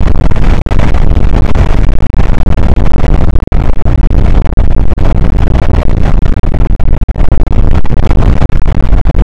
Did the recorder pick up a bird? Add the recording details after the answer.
no. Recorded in the Prudhoe Bay oil fields, Alaska, on 8 May 2019 at 00:04. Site 24